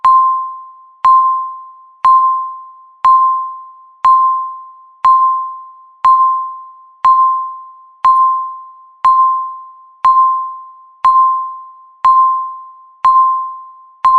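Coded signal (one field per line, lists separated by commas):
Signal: radio time signal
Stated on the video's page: Countdown timer beeping once every second for 325 seconds, ending in a loud alarm noise.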